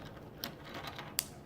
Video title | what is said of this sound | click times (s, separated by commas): How to replace a Toyota remote battery | It all snaps back into place. | 0.4 s, 1.2 s